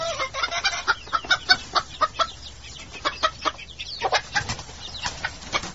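Several chickens squawk and cluck frantically from a sesbania thicket in a rapid, uneven series of sharp, harsh calls, loud and agitated, with no voices present.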